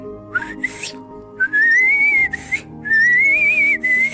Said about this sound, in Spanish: escuchó aquel silbido que había escuchado antes.